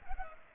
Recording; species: mosquito wingbeat signal from an infrared sensor; Culex pipiens